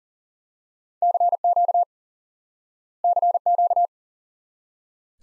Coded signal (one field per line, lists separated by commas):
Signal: Morse code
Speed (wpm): 40 wpm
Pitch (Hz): 700 Hz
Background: none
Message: CQ CQ